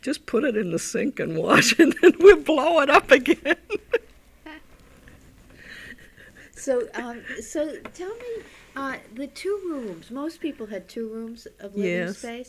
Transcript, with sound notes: Just put it in the sink and wash it (she's laughing) and we'll blow it up again.
Tell me, the two rooms, most people had two rooms of living space?